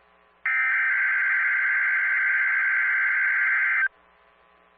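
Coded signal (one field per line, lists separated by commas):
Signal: Emergency Alert System (SAME) tones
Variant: header bursts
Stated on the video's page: Weekly EAS test broadcasts recorded off air.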